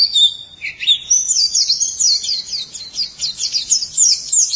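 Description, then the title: White-eye singing: a few lower notes open the phrase, then a long, fast chatter of high sliding twitters runs on steadily to the end. "Kicauan Burung Pleci"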